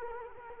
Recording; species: mosquito wingbeat signal from an infrared sensor; Culex quinquefasciatus